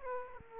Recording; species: mosquito wingbeat signal from an infrared sensor; Aedes aegypti